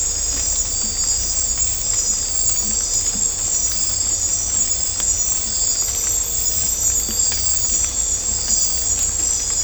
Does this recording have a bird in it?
no